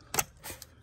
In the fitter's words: clicks into place two tabs you pull one tab towards you pull the other tab